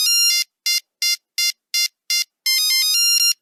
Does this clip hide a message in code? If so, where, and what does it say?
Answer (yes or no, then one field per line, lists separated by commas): no